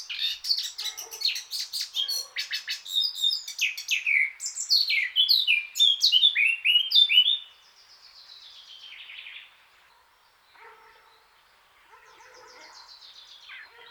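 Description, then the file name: Eurasian blackcap song: scratchy rapid chatter turning into loud fluting whistles for about seven seconds, then quieter faint chirps and a soft background hiss. "Sylvia atricapilla"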